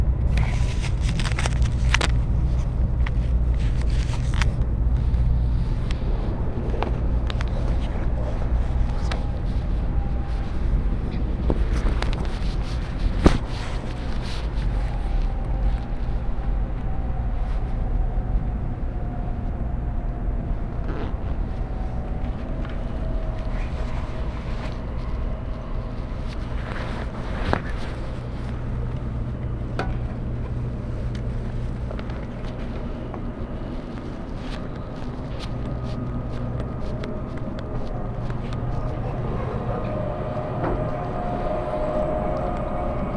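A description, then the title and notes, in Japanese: Inside a Tokaido Shinkansen Kodama train running from Hamamatsu toward Shizuoka, a steady low rumble fills the whole recording. Brief clicks and knocks come through now and then, including a sharp one near 13 seconds, and faint tones drift in and out over the hum. 東海道新幹線こだま浜松→静岡。朝一番の浜松始発の新幹線です。始発駅だけのメロディーも流れたりしているうちに掛川駅に到着。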